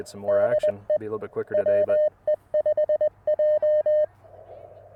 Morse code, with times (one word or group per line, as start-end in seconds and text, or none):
0.3-1.0 DE
1.5-4.1 WE5J